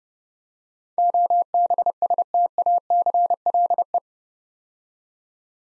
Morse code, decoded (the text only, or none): OBSTACLE